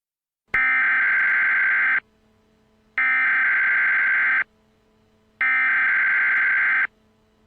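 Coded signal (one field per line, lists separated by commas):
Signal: Emergency Alert System (SAME) tones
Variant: header bursts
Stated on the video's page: Simulated EAS scenario.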